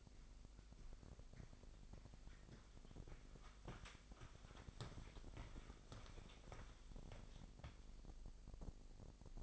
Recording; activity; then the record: daily activity, microphone in the room; walk to room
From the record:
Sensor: 5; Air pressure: 999.6 hPa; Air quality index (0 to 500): 227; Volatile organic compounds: 23 ppm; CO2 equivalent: 2787 ppm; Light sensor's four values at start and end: 35/81/32/31 and 33/75/30/29